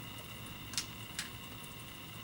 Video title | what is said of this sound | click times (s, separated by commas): Build Lego Mindstorms Robot | we do the same function and these snap | 0.8 s, 1.2 s